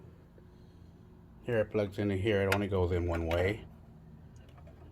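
A remote thermostat cable plug is handled at the terminal socket of a PTAC unit, a socket it only fits one way. Someone talks from about 1.5 to 3.6 seconds, followed by a few faint taps near the end. Nothing has seated or clicked yet.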